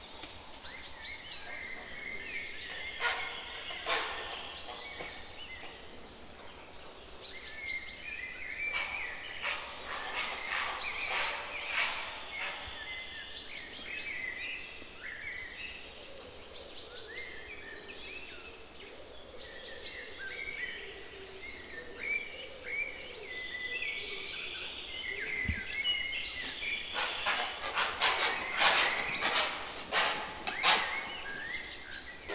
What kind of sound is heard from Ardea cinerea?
call